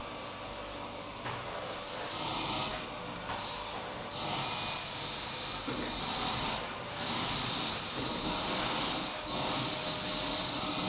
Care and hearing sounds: daily activity, microphone in the room; vacuum cleaning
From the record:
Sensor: 1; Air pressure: 991.8 hPa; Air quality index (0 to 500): 184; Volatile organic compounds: 1000 ppm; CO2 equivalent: 7039 ppm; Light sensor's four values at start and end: 27/96/36/37 and 27/94/36/36

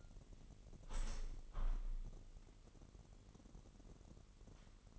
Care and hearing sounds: daily activity, microphone in the room; open window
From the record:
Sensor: 4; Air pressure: 999.5 hPa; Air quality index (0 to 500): 107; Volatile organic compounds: 2 ppm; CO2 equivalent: 1060 ppm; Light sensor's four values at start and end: 13/31/12/14 and 13/31/12/14

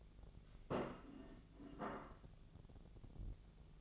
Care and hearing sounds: daily activity, microphone in the room; place plate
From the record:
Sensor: 4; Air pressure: 1001.0 hPa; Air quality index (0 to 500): 145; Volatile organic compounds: 2 ppm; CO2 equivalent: 1072 ppm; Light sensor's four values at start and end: 25/61/25/27 and 25/61/25/27

